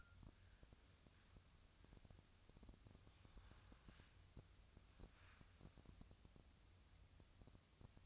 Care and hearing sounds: daily activity, microphone in the room; wipe stove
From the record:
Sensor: 2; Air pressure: 1004.6 hPa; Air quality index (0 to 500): 75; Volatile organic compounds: 1 ppm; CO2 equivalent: 886 ppm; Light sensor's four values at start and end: 7/16/6/6 and 7/16/6/6

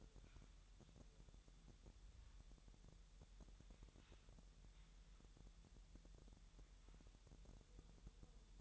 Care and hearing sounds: daily activity, microphone in the room; wipe stove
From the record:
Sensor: 3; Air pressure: 1000.9 hPa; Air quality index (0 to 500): 248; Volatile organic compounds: 177 ppm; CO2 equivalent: 4132 ppm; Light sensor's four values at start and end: 12/28/12/11 and 12/28/12/11

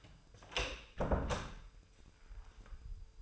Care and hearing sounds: daily activity, microphone in the room; close door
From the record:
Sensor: 2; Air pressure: 996.0 hPa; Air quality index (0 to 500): 59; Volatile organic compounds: 2 ppm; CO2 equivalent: 1277 ppm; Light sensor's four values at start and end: 11/27/11/12 and 11/27/11/12

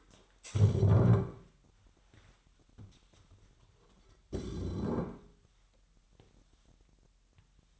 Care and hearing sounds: daily activity, microphone in the room; stand up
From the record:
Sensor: 3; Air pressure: 998.4 hPa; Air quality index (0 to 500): 128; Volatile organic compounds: 3 ppm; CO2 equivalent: 1524 ppm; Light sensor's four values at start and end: 9/20/8/9 and 11/24/11/12

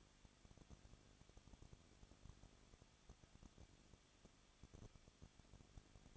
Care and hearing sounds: daily activity, microphone in the room; no activity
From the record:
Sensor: 4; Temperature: 23.1 degrees Celsius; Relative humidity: 34.3%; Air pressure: 1007.2 hPa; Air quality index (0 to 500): 214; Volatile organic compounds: 14 ppm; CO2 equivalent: 2463 ppm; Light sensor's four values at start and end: 2/3/1/1 and 2/3/1/1

